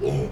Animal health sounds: contact call of a hoofed animal; pig; closed-mouth grunt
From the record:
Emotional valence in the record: negative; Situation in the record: short social isolation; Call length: 0.32 s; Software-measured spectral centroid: 1590 Hz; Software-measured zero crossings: 810 a second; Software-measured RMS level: -24 dBFS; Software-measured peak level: -13 dBFS

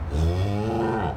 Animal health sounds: contact call of a hoofed animal; cattle; low-frequency (closed-mouth) or high-frequency (open-mouth) call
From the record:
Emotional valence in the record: negative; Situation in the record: full separation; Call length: 1.17 s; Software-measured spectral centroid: 1390 Hz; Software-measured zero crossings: 820 a second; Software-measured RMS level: -24 dBFS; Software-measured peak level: -13 dBFS

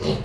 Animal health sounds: contact call of a hoofed animal; pig; closed-mouth grunt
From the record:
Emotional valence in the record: positive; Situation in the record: food and toys in familiar pen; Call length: 0.25 s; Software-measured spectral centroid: 2120 Hz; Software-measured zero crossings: 1670 a second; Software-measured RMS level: -24 dBFS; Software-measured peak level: -10 dBFS

